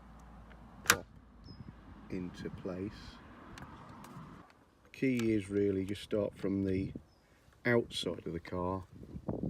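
A plastic mirror cover clip on an NP300 is pushed with the fingers from the outside back into its mirror housing, and a sharp snap at 0.9 s shows it seating into place. Someone talks over the rest of the clip.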